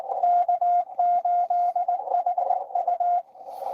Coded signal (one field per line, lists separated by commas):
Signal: Morse code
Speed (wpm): 22 wpm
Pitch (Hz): 690 Hz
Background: radio noise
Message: K8HU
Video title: N2AKJ is live! Doing parks on the air at nessequogue river state park us-2114 #pota #cw